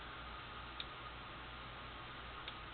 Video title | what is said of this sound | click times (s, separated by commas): Knife Review: Benchmade Pika 2 VS spyderco tenacious | I don't know if you can hear that clicking sound | 0.8 s, 2.5 s